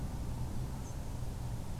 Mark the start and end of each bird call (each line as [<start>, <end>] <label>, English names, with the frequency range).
[0.84, 0.93] European Robin (6.1-7.9 kHz)